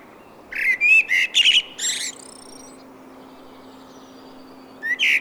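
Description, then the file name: Common blackbird giving a short phrase of loud notes and high twitters, then a long quiet gap and a brief fresh note at the end. "Turdus merula"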